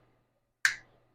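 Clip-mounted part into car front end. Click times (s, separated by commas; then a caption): 0.6 s. A clip-mounted trim part is pressed back into its mounting on the front end of an SRT car, its trim clips snapping home. Over a faint low hum, a single sharp, bright click sounds at 0.6 s and fades within about 0.2 s. The part is seated.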